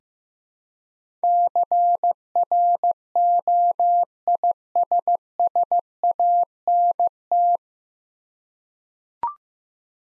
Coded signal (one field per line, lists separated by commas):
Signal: Morse code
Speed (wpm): 15 wpm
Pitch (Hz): 700 Hz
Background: none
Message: CROISSANT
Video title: Easy Words with Hints - 15wpm